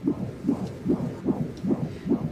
The sound of a baby's heartbeat in the womb.